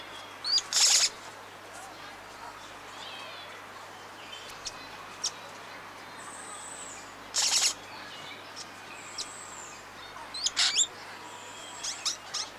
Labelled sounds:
Amazonian Motmot (Momotus momota) call

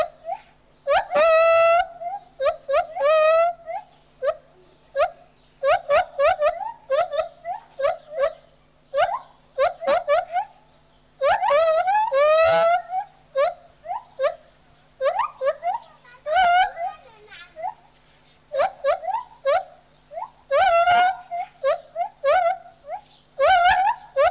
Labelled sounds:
Lar Gibbon (Hylobates lar)

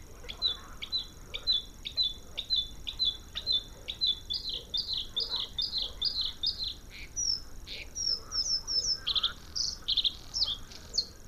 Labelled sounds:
Bluethroat (Luscinia svecica) song

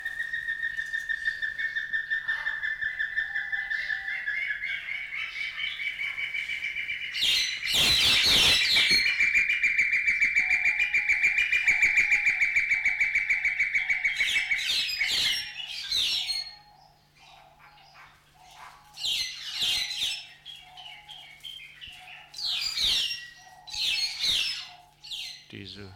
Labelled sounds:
Spotted Thick-knee (Burhinus capensis) call

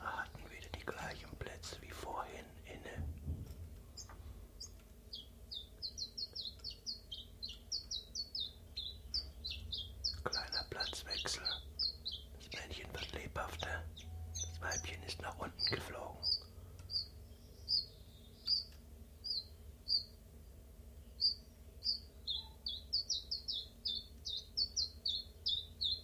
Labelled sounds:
Common Chiffchaff (Phylloscopus collybita)

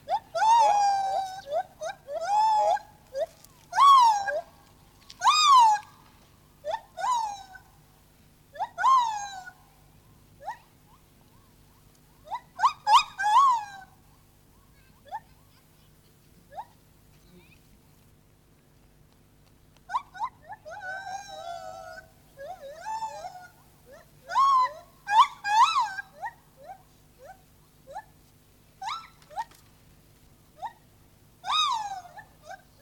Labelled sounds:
Lar Gibbon (Hylobates lar)

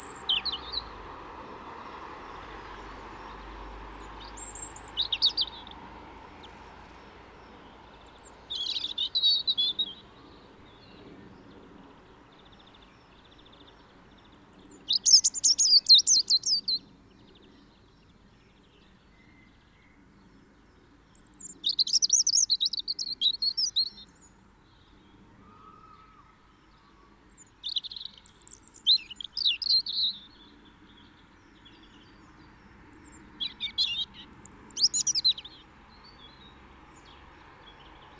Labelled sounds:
European Robin (Erithacus rubecula) song

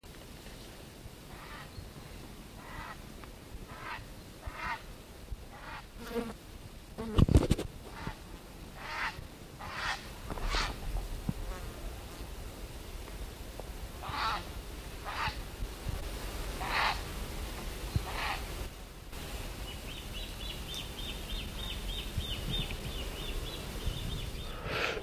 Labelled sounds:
Grey Heron (Ardea cinerea) flight call, Great Crested Grebe (Podiceps cristatus)

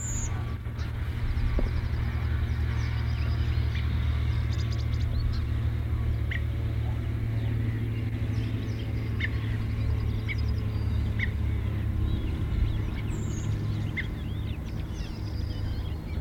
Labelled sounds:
Redwing (Turdus iliacus) call

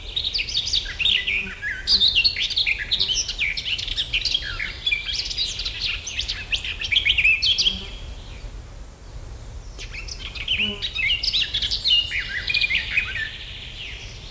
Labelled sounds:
Garden Warbler (Sylvia borin) song

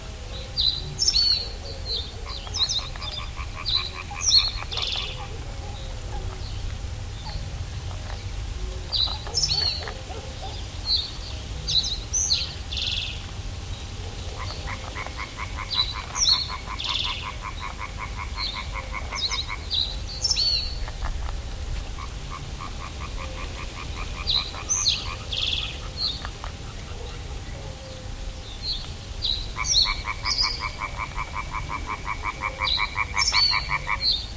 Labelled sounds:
Reed Bunting (Emberiza schoeniclus)

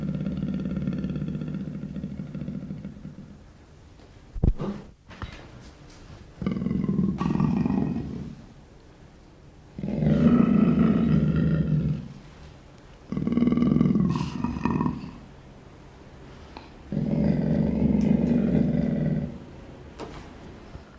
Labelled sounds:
Leopard (Panthera pardus) growling

